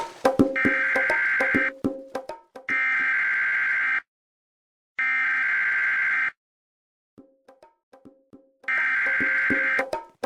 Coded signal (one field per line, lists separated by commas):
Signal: Emergency Alert System (SAME) tones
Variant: header bursts